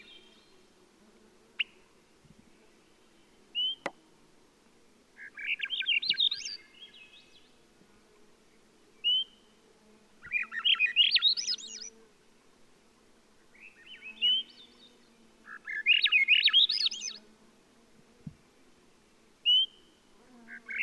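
A Swainson's Thrush sings its rising, spiraling flute-like phrases about every five seconds, each climbing from a low start to a high, airy finish. Short single whistled notes come between songs, over a steady low hum in the background.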